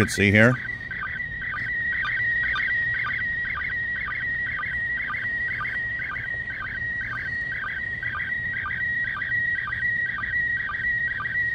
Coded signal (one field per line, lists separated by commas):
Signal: SSTV (slow-scan television)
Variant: PD 120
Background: speech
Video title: International Space Station SSTV event received with Realistic PRO-43 scanner radio